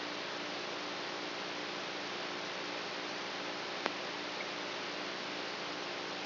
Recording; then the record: brain microelectrode recording played as sound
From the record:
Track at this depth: outside the subthalamic nucleus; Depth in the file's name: 0.089 mm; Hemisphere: right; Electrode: 3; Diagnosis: Parkinson's disease